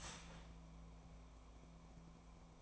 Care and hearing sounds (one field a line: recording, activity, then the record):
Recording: daily activity, microphone in the room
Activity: start toaster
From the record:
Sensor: 1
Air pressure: 1000.3 hPa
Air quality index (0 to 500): 155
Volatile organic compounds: 3 ppm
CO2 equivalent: 1449 ppm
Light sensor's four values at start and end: 30/75/32/38 and 30/75/32/38